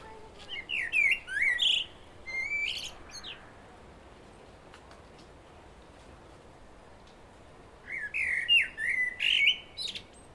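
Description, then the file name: Common blackbird song in two bursts, each a rich fluted warble broken into a few notes and tipped with scratchy high twitters, separated by several seconds of near quiet. "Turdus merula"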